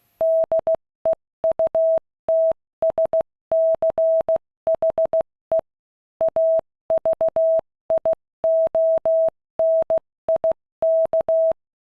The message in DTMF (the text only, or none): none